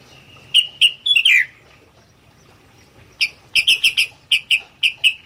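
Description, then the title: Sooty-headed bulbul calls: a string of crisp chirped notes, a short slurred flourish, a pause, then a quicker run of bright chirps. "kutilang"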